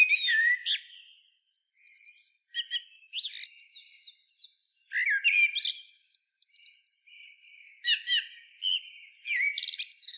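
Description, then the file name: Common blackbird singing near-continuous fluted warbles mixed with thin, high squeaky twitters and short gliding notes. "Turdus merula"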